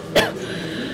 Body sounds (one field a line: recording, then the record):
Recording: coughing mixed with background sound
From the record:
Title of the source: Coughing Woman Sound - Woman Cough Sound Effect